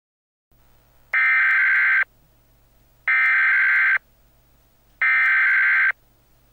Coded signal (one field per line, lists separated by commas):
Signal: Emergency Alert System (SAME) tones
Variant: header bursts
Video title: EF5 (EAS Scenario)